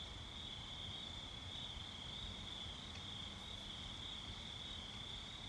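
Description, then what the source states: Crickets trilling in a steady, unbroken high chirring that holds one pitch throughout, over a low rumbling night background. Night ambience.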